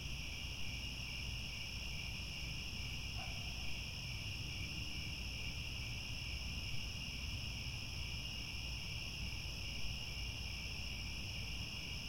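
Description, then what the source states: Continuous cricket chorus of high trills over low background rumble. Chorus of many crickets chirping at twilight as the sun sets.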